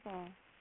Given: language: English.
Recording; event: throat vibration sensor signal played as sound; speech